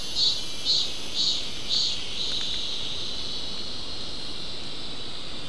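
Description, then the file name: Insect chirping in four short high pulses about every half second over the first two seconds, then fading into a steady high hiss of background noise. "mainly insect"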